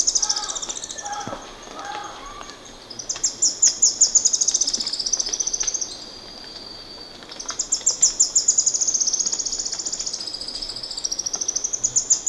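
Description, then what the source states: Red-faced spinetail giving repeated bursts of thin, very high rapid notes, each run lasting a few seconds, with a lower bird call briefly at the start. Recorded in Ecuador.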